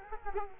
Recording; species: mosquito wingbeat signal from an infrared sensor; Culex quinquefasciatus